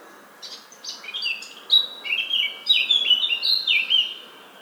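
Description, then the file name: Eurasian blackcap song: a rapid, scratchy warble of quick varied notes that builds into a louder run of clear, fluty whistles. "Sylvia atricapilla"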